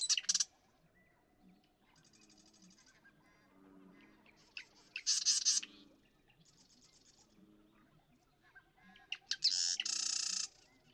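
Marsh Wren song: three bursts of harsh rattling trills spread throughout, separated by softer chatter and quiet pauses.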